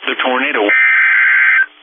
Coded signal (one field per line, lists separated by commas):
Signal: Emergency Alert System (SAME) tones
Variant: header bursts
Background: speech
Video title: EAS Timeline | Kansas Supercells Prompts Tornado Emergency | NOAA Weather Radio